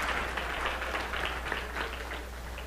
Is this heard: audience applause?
yes